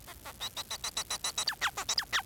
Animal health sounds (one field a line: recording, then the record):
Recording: song of a male Bengalese finch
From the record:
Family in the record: son of father 4